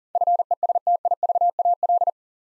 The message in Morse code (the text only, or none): FESTIVAL